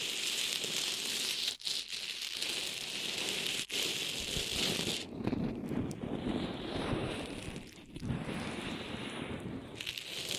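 Ear massage triggers fill the recording with a dense, steady hiss and rustle that sounds much like rain. For the first five seconds a bright, even hiss dominates, broken by brief silences near 1.6 and 3.7 seconds; afterward the rubbing turns lower and fuller, with another short dip near 8 seconds.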